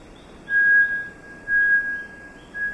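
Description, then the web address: Bartlett's tinamou giving long, level, pure whistled notes, two steady tones about a second apart, with a third beginning at the end. Recorded in the eastern lowlands of South America. "Natures Songs S America Eastern Lowlands. Bartlett's Tinamou"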